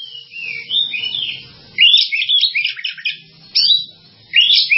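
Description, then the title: Java sparrow singing a quick run of high, chattering chirps and squeaky notes in several bursts, with brief quiet gaps and a soft low hum. "kicau gelatik"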